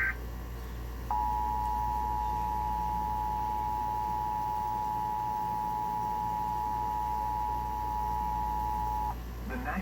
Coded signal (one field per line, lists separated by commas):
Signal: Emergency Alert System (SAME) tones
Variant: 853 and 960 Hz attention tone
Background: speech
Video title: Emergency Alert System Flash Flood Warning 1:54 PM EDT PBS WHYY 2